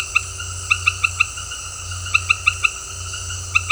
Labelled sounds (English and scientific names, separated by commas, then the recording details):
none
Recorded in dense forest near Puerto Asís, Putumayo, Colombia, on 8 March 2025 at 18:00
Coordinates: 0.468, -76.322
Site GP01